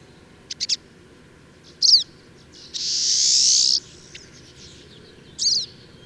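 Bird song of brief high chirps and quick clicks, broken by a loud hissing burst around three seconds.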